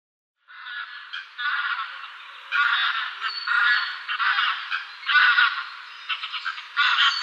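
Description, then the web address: Greylag goose: overlapping nasal honking from several geese, continuous and rising and falling in loudness. "Schulze Peter Greylag Goose"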